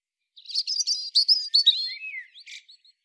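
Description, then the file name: European robin song: a quick jumble of high, thin twittering notes, then a falling whistle and a few soft trailing chirps. "Erithacus rubecula"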